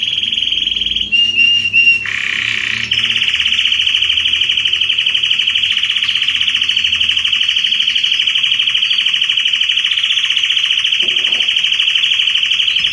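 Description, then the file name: Canary singing short whistled notes and a buzzy burst, then one very long, steady, fast trill lasting about ten seconds. Red Belgian canary singing. "canto do canario belga vermelho"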